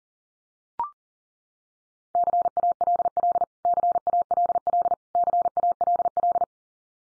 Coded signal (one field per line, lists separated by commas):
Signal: Morse code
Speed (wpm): 40 wpm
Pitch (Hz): 700 Hz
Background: none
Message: CALL CALL CALL